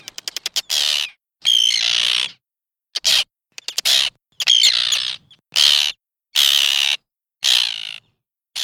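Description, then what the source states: Arctic tern harsh rasping calls, several loud grating screeches in bursts. Terns dive-bombing and attacking the microphone at their breeding ground in Iceland, calling right up close to it.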